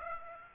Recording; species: mosquito wingbeat signal from an infrared sensor; Aedes aegypti